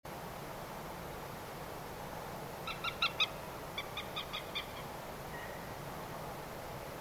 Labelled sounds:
Common Moorhen (Gallinula chloropus), unidentified sound
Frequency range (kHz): Common Moorhen (Gallinula chloropus) 1.0-7.0 kHz
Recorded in France

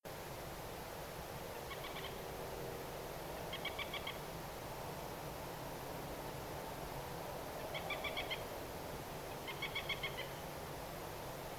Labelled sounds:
Common Moorhen (Gallinula chloropus), unidentified sound
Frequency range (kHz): Common Moorhen (Gallinula chloropus) 1.0-6.8 kHz
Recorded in France

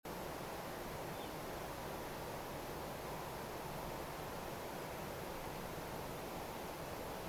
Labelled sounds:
Little Ringed Plover (Charadrius dubius)
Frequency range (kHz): Little Ringed Plover (Charadrius dubius) 2.8-3.7 kHz
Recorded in France

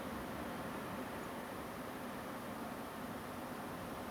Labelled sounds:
Song Thrush (Turdus philomelos)
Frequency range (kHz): Song Thrush (Turdus philomelos) 6.7-7.2 kHz
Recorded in France

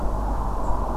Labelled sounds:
Common Blackbird (Turdus merula)
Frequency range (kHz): Common Blackbird (Turdus merula) 6.7-8.1 kHz
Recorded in France

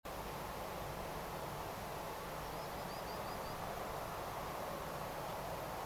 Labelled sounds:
Common Sandpiper (Actitis hypoleucos)
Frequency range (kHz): Common Sandpiper (Actitis hypoleucos) 4.2-5.9 kHz
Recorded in France

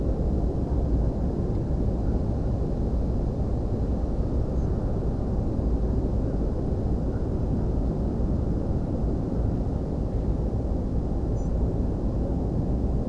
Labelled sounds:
European Pied Flycatcher (Ficedula hypoleuca), Spotted Flycatcher (Muscicapa striata)
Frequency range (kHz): European Pied Flycatcher (Ficedula hypoleuca) 5.7-8.0 kHz; Spotted Flycatcher (Muscicapa striata) 5.8-8.2 kHz
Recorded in France

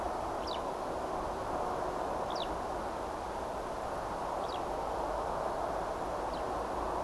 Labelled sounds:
Eurasian Skylark (Alauda arvensis)
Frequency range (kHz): Eurasian Skylark (Alauda arvensis) 2.0-6.0 kHz
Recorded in France

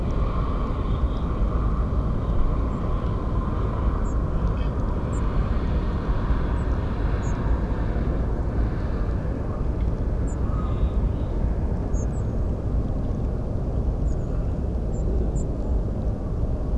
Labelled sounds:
European Robin (Erithacus rubecula)
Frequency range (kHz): European Robin (Erithacus rubecula) 5.8-9.9 kHz
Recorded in France

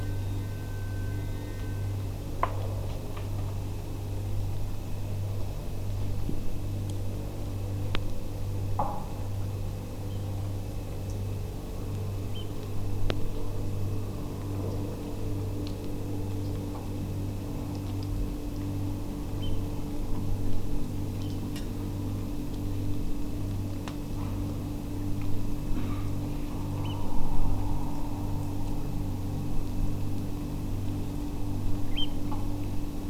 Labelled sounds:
Eurasian Oystercatcher (Haematopus ostralegus)
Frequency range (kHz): Eurasian Oystercatcher (Haematopus ostralegus) 1.7-3.4 kHz
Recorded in France

